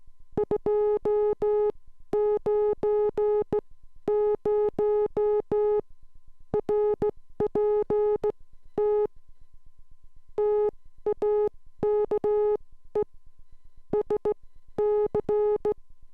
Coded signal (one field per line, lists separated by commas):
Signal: Morse code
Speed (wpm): 16 wpm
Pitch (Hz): 420 Hz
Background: music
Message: 290 RPT TAKE SC